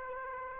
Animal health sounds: mosquito wingbeat signal from an infrared sensor; Aedes aegypti

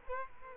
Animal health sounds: mosquito wingbeat signal from an infrared sensor; Culex quinquefasciatus

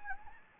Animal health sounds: mosquito wingbeat signal from an infrared sensor; Anopheles gambiae

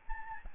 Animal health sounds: mosquito wingbeat signal from an infrared sensor; Aedes albopictus

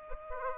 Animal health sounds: mosquito wingbeat signal from an infrared sensor; Aedes aegypti

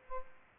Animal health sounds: mosquito wingbeat signal from an infrared sensor; Aedes aegypti

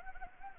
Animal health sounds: mosquito wingbeat signal from an infrared sensor; Anopheles gambiae

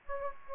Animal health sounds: mosquito wingbeat signal from an infrared sensor; Aedes aegypti

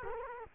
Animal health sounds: mosquito wingbeat signal from an infrared sensor; Culex quinquefasciatus

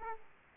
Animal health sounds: mosquito wingbeat signal from an infrared sensor; Aedes aegypti

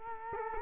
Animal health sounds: mosquito wingbeat signal from an infrared sensor; Culex quinquefasciatus

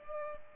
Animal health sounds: mosquito wingbeat signal from an infrared sensor; Culex pipiens

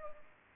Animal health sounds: mosquito wingbeat signal from an infrared sensor; Culex pipiens

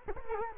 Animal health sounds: mosquito wingbeat signal from an infrared sensor; Culex quinquefasciatus

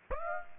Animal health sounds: mosquito wingbeat signal from an infrared sensor; Aedes aegypti

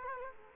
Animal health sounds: mosquito wingbeat signal from an infrared sensor; Culex quinquefasciatus

